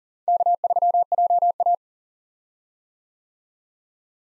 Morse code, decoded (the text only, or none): K3JA